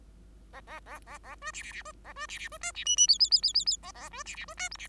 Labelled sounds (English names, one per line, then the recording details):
Bengalese Finch song
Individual Bird5